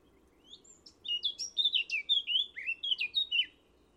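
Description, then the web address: Bird song: energetic, chattering warble of mixed high and lower whistled notes in an unbroken phrase of about two and a half seconds. "Bird Only"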